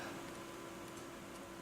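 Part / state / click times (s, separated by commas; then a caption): crimped wire terminal into plastic relay box connector cavity / not seated / none. A crimped metal wire terminal, held by the wire with needle-nose pliers, is being handled at a cavity of a plastic relay/fuse box connector. Only a steady, faint broadband hiss with a low hum is heard, with no distinct click. Nothing has seated or clicked yet.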